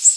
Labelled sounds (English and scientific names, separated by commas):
Golden-winged Warbler (Vermivora chrysoptera) flight call